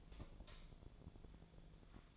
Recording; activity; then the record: daily activity, microphone in the room; light off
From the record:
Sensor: 5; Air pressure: 1009.9 hPa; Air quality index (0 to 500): 159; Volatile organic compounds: 4 ppm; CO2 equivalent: 1553 ppm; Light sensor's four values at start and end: 144/370/154/164 and 144/368/153/163